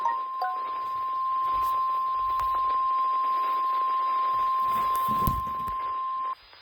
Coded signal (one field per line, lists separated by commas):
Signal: Emergency Alert System (SAME) tones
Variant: 1050 Hz attention tone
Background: music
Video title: illinois boston/nortoned me - SVR on KWO39 (EAS #235)